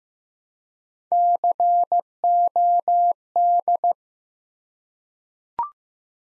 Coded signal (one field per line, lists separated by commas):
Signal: Morse code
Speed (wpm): 15 wpm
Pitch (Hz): 700 Hz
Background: none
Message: COD